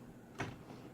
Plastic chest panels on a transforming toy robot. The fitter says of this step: Okay, it doesn't snap together.